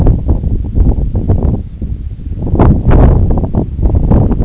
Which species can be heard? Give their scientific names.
none